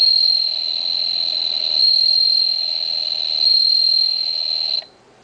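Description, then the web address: Bell cricket singing a sustained pure ringing note with gentle rises in loudness, stopping abruptly near the end. Caged bell cricket singing in an insect cage. "kagoya sing suzumushi"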